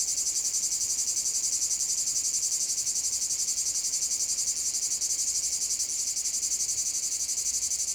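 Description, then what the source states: Cicadas singing, a dense, high buzzing drone with a rapid steady pulse throughout. Cicada field at Domaine de la Sablière, Saint-Privat-de-Champclos, France; recorded with a Zoom H6 using an M/S microphone.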